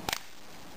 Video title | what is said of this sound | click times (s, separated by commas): Zen Micro Complete Reassembly Video By A Technician | and it'll snap into place | 0.1 s